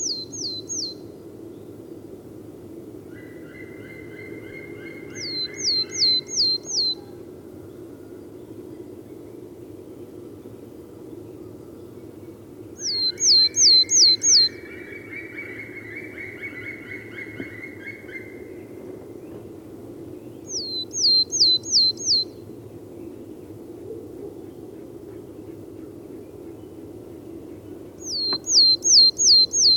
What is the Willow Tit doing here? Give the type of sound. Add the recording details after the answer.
song. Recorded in the wild. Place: Groß Nemerow, Mecklenburg-Vorpommern, DE. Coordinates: 53.448, 13.219. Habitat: Forest. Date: 1982-03-24 08:53. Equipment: Nagra III BH, Sennheiser MD 21, parabola. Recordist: Schubert, Michael